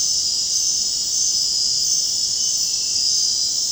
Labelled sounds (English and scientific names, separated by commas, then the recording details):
none
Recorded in dense forest near Puerto Asís, Putumayo, Colombia, on 24 June 2025 at 00:00
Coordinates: 0.499, -76.324
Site G100